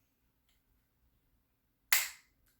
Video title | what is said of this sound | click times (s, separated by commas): Shop My Stash #4 - September 2020 | does make a very satisfying little click noise though i appreciate that | 1.9 s